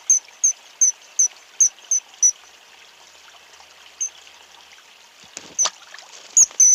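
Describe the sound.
Kingfisher giving a rapid series of thin, very high piercing notes, a pause, then more notes, with a brief noise near the end.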